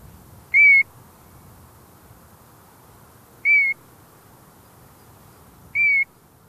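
European Golden Plover calls: three clear, plaintive whistles, spaced a few seconds apart over a faint low background hiss.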